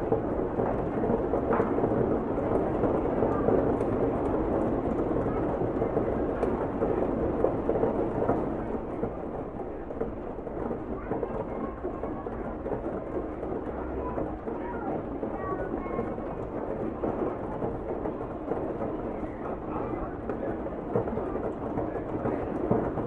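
Rain patters steadily against a bedroom window, a dense, continuous wash with a soft low rumble underneath. The sound is muffled, with little brightness, and eases slightly in level after about nine seconds before holding even to the end.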